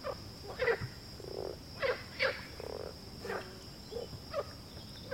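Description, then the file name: Frog croaking in short, low, knocking notes at irregular intervals, with a faint steady high hum in the background. "grenouille"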